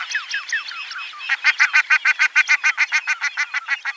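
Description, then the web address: Common shelduck giving several thin, descending whistled notes, then a steady, rapid series of harsh nasal pulses. "Schulze Peter Common Shelduck"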